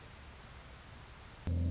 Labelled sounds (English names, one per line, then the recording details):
Anna's Hummingbird
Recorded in Sonoma County, California